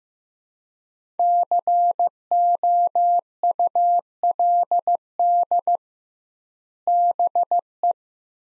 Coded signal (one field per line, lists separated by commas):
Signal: Morse code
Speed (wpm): 15 wpm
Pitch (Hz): 700 Hz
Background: none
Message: COULD BE